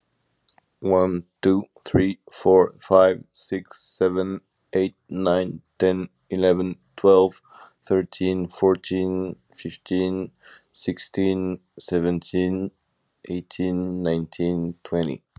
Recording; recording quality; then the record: counting at a normal pace; excellent, no background noise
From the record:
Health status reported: healthy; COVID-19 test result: negative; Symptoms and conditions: fatigue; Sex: male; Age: 34 years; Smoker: yes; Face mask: not worn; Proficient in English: no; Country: France